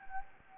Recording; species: mosquito wingbeat signal from an infrared sensor; Anopheles gambiae